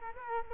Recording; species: mosquito wingbeat signal from an infrared sensor; Culex quinquefasciatus